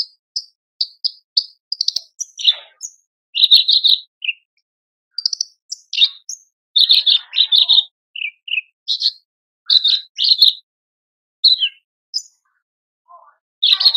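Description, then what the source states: Horsfield's bush lark song of quick high chirps, short repeated notes and clustered twittering phrases with brief pauses between them. Branjangan song described as super gacor (very lively), in a masteran recording for training cage birds.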